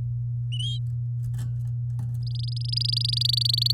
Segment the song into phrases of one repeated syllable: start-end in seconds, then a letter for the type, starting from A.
2.23-3.72 A